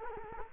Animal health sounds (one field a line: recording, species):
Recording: mosquito wingbeat signal from an infrared sensor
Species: Culex quinquefasciatus